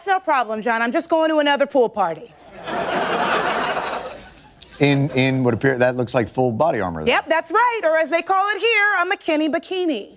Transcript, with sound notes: Oh, yeah. It's no problem, Jon. I'm just going to another pool party.
(LAUGHTER)
In what appears - that looks like full body armor.
Yep, that's right. Or as they call it here, a McKinney bikini.